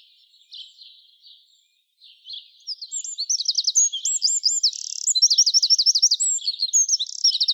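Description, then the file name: Eurasian wren song: soft scratchy notes at first, then a loud, rapid, high tumbling outpouring of trills and looping whistled notes, continuing energetically to the end. "Troglodytes troglodytes"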